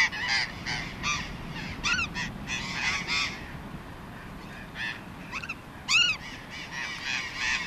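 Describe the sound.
Burrowing parakeet calls, rasping screeches and sharp arched squawks, irregular, with a strong single shriek near the end amid ongoing chatter.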